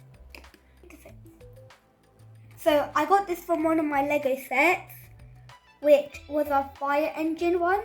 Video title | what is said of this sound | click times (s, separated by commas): How to make LEGO portable Massager and Spinner! | you can hear a click like this. | 0.4 s